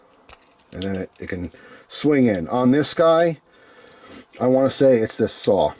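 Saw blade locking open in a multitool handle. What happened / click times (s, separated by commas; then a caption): The blade is being moved but has not yet locked open / none. The saw blade of a Schrade "Tough Tools" multitool is handled and swung out from the handle while someone talks, with faint handling ticks between the words. The blade has not yet locked open, and nothing has seated or clicked yet.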